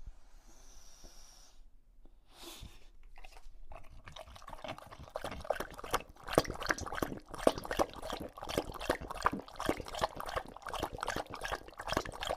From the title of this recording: English Bulldog Drinks from Water Bowl